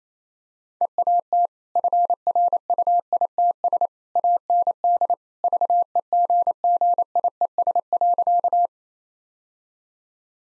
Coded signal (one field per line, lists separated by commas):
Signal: Morse code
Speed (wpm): 28 wpm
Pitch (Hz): 700 Hz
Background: none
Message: EAT FRUITS AND VEGGIES.